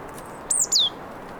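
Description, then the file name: Marsh tit giving one brief call of two high, downslurred notes in quick succession. "Poecile palustris"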